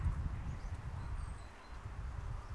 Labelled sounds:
Great Tit
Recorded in Germany
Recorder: ecoPi

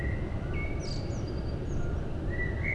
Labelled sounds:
Common Blackbird
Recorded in Germany
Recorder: ecoPi

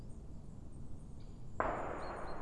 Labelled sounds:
Great Spotted Woodpecker
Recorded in Germany
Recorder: ecoPi

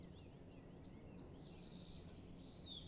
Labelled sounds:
Common Chiffchaff
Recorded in Germany
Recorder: ecoPi

